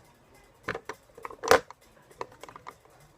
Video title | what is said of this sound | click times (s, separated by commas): Lego Outlast Camcorder [Work In Progress] | And it locks in place. | 1.5 s